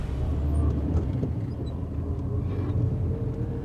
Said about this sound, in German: Ein Auto rumpelt über die löchrige Schotterstraße. Mitten in der Hauptstadt, die das leergeräumte Haus von dem überfüllten Camp trennt.